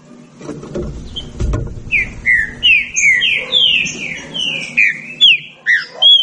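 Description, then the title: Green-winged saltator song: a fast run of rich, slurred whistled notes, each dipping or rising, strung into a steady phrase, after a few low thumps at the start. Birds in a singing dispute; bird apparently named Nicao. "Trinca Ferro Nicao Disputando"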